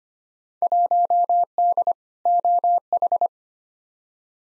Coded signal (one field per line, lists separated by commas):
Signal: Morse code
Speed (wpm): 25 wpm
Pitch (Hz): 700 Hz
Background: none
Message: 1D OH